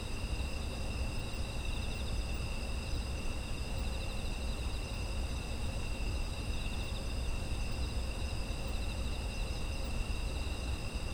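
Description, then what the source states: Insects calling continuously, high ringing trills at several pitches, one with a rapid pulsing quality, over steady low background rumble. Autumn insects, environmental ambience.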